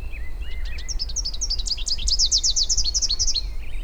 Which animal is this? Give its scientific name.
Basileuterus rufifrons